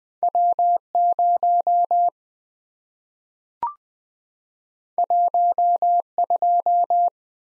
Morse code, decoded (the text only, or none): W0 12